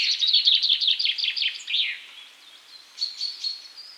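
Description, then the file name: Common chaffinch song, a rapid series of bright notes lasting about two seconds, then after a short pause softer high chirps. "Fringilla coelebs"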